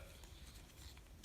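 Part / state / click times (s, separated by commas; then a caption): plastic wheel piece into mating wheel piece of a transforming robot toy / not seated / none. Someone presses a second pair of plastic wheel pieces together on a transforming robot toy. Over a low steady background, faint ticks come near 0.2 and 1.0 seconds and a sharper tap at 1.2 seconds. The wheel pieces do not snap together, and nothing has seated or clicked yet.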